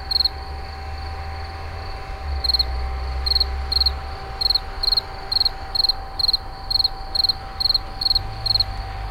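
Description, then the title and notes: Insect chirps, brief and pulsed, sparse at first then settling into a steady two-per-second rhythm, with a low rumble and a constant hum. Recorded in 2011 near a wastewater treatment plant at Moulins-sur-Allier. "Insect near WWTP. 2011, Moulins sur allier"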